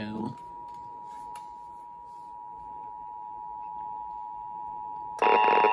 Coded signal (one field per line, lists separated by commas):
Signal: Emergency Alert System (SAME) tones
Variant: 853 and 960 Hz attention tone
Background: speech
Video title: The Tri State Amber Alert for Arizona, Utah, and New Mexico EAS #42